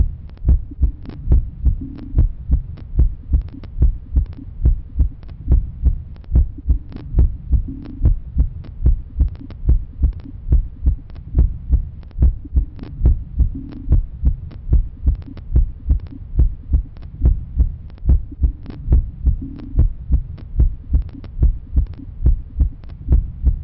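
Steady, regular low thumps at about 72 a minute, with a faint low hum underneath. This is a normal heartbeat at a resting rate, a sound effect.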